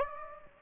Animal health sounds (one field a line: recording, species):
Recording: mosquito wingbeat signal from an infrared sensor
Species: Aedes aegypti